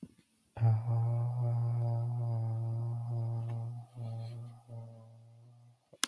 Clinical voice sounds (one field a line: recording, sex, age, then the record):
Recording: vowel held as long as possible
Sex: male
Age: 20 to 29 years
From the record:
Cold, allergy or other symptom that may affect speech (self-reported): no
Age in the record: 26 years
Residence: California, United States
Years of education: 18